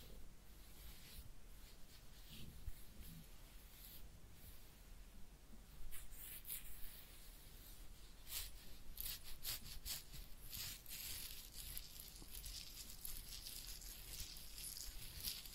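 A head massage with ear cleaning: dense scratching, rubbing and crackling sounds run the whole time over a soft low rumble. The rustling grows busier and sharper after about six seconds, with bursts of bright crackly clicks clustered around nine to eleven seconds.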